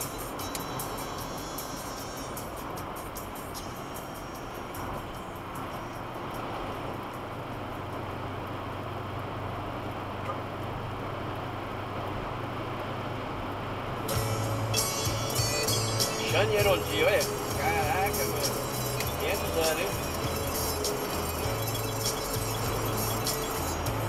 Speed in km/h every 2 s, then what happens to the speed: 131, 134, 137, 140, 144, 147, 147, 150, 155, 156, 159, 159.
0-24 speeds up to 159.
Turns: none.